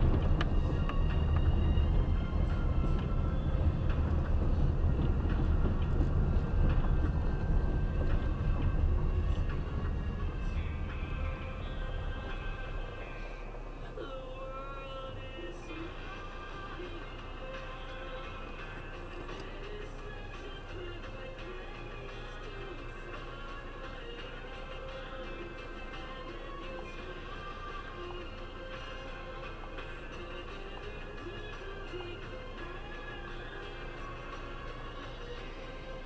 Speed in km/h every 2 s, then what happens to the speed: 24, 24, 24, 24, 16, 12, 12, 3, 0, 0, 0, 0, 0, 3, 0, 0, 0, 0.
0-6 steady at about 24. 6-15 slows to 0. 15-36 standing.